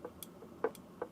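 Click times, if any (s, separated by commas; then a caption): 0.6 s. A small plastic SIM card is pushed into the spring-loaded push-push slot of a Kuma Connect Lite 4G router until it latches. A handful of short, light ticks are heard, and the loudest sharp click at 0.6 s is the card seating in the slot.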